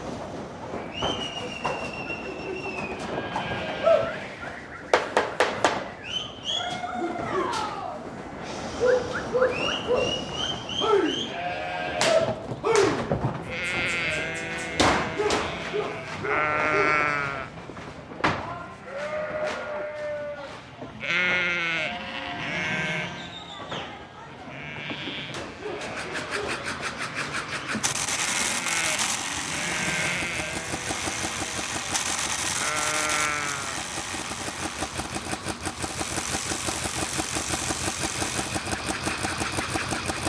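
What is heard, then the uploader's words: Sheep bleat repeatedly in quivering, wavering calls over a steady wind, with sharp clicks and knocks throughout and a louder rushing wind after thirty seconds. Four minutes in Tierra de Fuegos, on the south end of the Americas. Recorded by By Félix Blume. Wind, sheep and cowboys.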